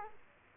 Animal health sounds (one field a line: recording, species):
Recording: mosquito wingbeat signal from an infrared sensor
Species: Culex quinquefasciatus